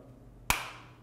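A replacement lens is fitted into the second side of an Oakley Flak Jacket sunglasses frame: its edge is slid into the frame groove, then pushed down on top and up on the bottom. After near silence, a single sharp, bright pop sounds at 0.5 s and fades over about half a second as the lens seats home in the frame.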